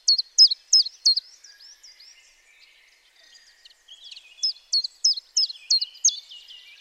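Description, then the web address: Common chiffchaff song: four bright, swinging high notes, a stretch of softer twittering, then another evenly spaced series of chiff-chaff notes. Courtship song, recorded in Ergolding on 2 April 2022. "Ergolding. zilpzalp"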